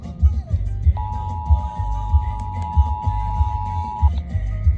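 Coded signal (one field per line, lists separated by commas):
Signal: Emergency Alert System (SAME) tones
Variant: 853 and 960 Hz attention tone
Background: music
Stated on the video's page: Required Weekly Test from the Tampa Bay weather office.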